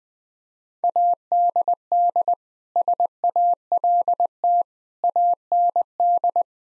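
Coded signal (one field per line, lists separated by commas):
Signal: Morse code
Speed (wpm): 20 wpm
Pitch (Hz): 700 Hz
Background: none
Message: ADD SALT AND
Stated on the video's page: 20 wpm Morse practice: sentences with common five-word phrases, first words spoken before sending, each sentence sent twice for head-copy.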